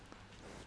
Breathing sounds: one breath in and out by a microphone near the nose and mouth; strong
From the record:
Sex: male

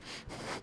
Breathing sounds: one breath in and out by a microphone near the nose and mouth; strong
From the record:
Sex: male

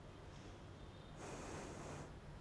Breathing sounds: one breath in and out by a microphone near the nose and mouth; normal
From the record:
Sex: female

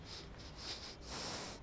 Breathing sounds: one breath in and out by a microphone near the nose and mouth; strong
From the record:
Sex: male

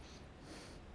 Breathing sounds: one breath in and out by a microphone near the nose and mouth; strong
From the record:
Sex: male

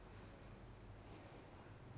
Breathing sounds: one breath in and out by a microphone near the nose and mouth; normal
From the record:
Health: marked as sick, illness not named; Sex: female

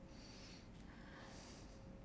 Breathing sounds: one breath in and out by a microphone near the nose and mouth; deep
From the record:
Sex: male

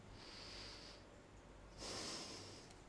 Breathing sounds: one breath in and out by a microphone near the nose and mouth; deep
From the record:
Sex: male

